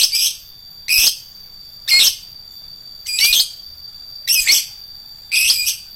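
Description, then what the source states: Lovebird song of loud, piercing chirps, some doubled, repeated about once a second. Adult fighter lovebird.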